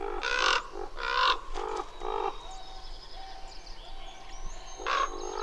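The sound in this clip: Bird giving harsh, nasal, harmonic calls, a few close together, then a pause and a single call near the end, with faint high chirps between.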